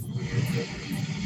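A deep, steady rumbling drone with slow pulsing swells, almost entirely in the low range, heard in the background. It is a dog snoring, a low, engine-like sound easily mistaken for a distant aeroplane.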